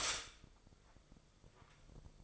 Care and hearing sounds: daily activity, microphone in the room; stop toaster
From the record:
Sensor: 5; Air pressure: 995.4 hPa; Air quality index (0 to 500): 107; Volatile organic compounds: 8 ppm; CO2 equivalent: 2064 ppm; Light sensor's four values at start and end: 34/82/33/33 and 34/82/33/33

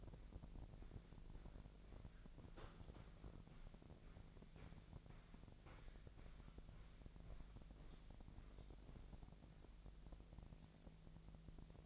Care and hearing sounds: daily activity, microphone in the room; walk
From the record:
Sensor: 5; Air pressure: 1001.7 hPa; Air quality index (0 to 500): 182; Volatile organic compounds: 12 ppm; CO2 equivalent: 2342 ppm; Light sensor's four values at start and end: 30/100/38/40 and 30/100/38/40

